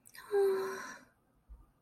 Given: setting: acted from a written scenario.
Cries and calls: vocal sound without words; romantic love

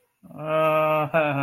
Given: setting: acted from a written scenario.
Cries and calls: vocal sound without words; guilt

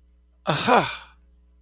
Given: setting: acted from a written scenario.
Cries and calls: vocal sound without words; realization

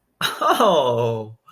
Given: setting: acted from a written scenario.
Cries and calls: vocal sound without words; positive surprise

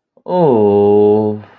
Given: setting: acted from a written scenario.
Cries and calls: vocal sound without words; romantic love

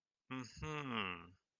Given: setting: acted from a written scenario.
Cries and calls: vocal sound without words; sympathy

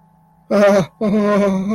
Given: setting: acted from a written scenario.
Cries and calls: vocal sound without words; distress

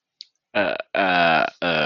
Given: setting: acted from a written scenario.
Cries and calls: vocal sound without words; guilt

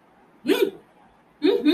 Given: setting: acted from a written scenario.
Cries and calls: vocal sound without words; anger

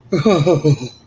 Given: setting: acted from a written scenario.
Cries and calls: vocal sound without words; shame

